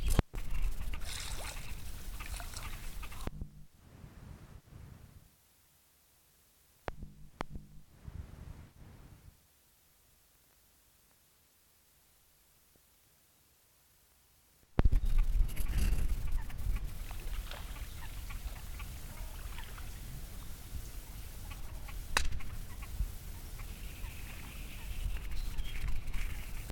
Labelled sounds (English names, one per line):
Great Reed Warbler